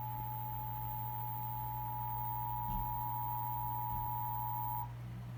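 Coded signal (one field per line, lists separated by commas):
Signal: Emergency Alert System (SAME) tones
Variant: 853 and 960 Hz attention tone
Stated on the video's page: EAS test on a TV station, with the system used as a public service announcement.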